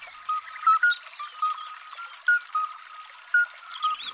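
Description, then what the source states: Midwife toads calling: many short, pure flute-like piping notes on similar pitches from several callers, in an irregular chorus. Single unchanging note repeated every 2 or 3 seconds, like a little flute note; many calling together form a concert.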